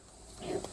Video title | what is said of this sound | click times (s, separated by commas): How To: Ram 6.7L Cummins Change BOTH Fuel Filters | Heard it click. | 0.6 s